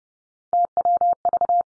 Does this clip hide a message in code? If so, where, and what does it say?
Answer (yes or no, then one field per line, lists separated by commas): yes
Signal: Morse code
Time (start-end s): 0.5-1.6 s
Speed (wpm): 30 wpm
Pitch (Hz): 700 Hz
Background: none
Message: TWV